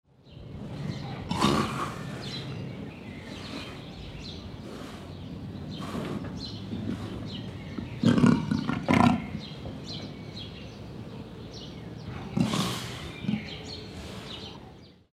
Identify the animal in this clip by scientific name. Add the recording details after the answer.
Panthera pardus. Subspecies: orientalis. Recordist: Tembrock, Günter. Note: Amurleopard, Weibchen: Fauchen, Knurren und Lautstöße gegen Beobachter Abstand 3 m